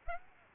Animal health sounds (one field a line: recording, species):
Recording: mosquito wingbeat signal from an infrared sensor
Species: Aedes aegypti